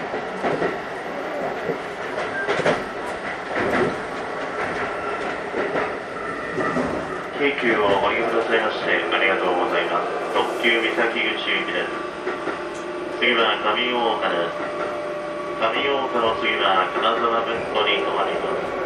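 A Keikyu New 1000 series aluminum train runs with a steady rumble, while bursts of speech-like announcements or chatter come and go from about seven seconds.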